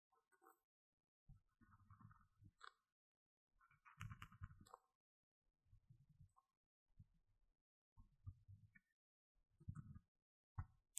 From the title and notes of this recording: 刷刷耳麥 | LO-FI | Earphone Mic Scratching | NO Talking.